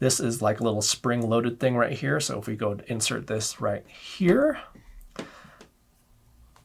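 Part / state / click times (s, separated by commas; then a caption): spring-loaded metal keeper loop into the hole of a watch band strap / seated / 5.2 s. Someone talks while the spring-loaded metal keeper loop on an Apple Watch Ultra Ocean Band, a rubber watch band, is popped open and inserted through one of the band's holes. After the talking stops, a few small sharp clicks follow, and the loop locks into place in the hole at 5.2 s.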